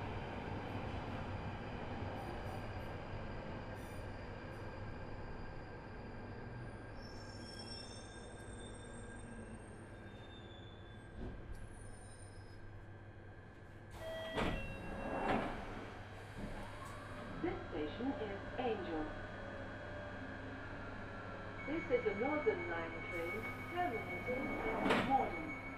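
An empty Underground train hums steadily and low, then around fourteen seconds clanks and squeals, with rising whines and sharp metallic bursts near the end.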